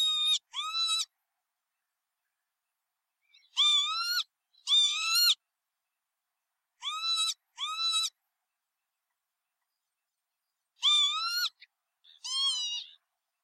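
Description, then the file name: Northern lapwing calls, nasal wheezy notes rising then levelling, given in close pairs with long silent gaps between them. "canto do abibe comum"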